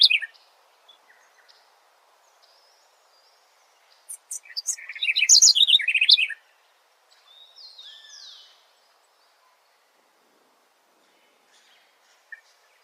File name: Canto do corruira do tepui